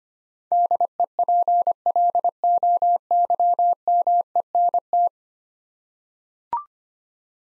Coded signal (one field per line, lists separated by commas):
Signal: Morse code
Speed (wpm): 25 wpm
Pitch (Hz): 700 Hz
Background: none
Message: DEPLOYMENT